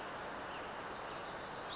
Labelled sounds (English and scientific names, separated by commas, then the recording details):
Wilson's Warbler (Cardellina pusilla)
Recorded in Sonoma County, California